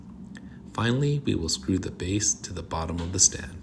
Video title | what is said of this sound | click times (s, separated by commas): 27M2N8500 Monitor Setup Tutorial | Gently attach the stand to the monitor until you hear a snap in place. | 0.4 s